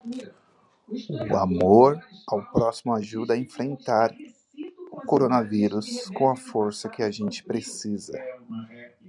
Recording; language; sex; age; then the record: spoken sentence; Brazilian Portuguese; male; 30 to 39 years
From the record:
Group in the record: control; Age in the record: 31 years